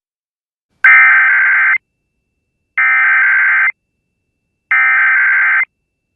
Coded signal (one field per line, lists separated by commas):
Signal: Emergency Alert System (SAME) tones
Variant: header bursts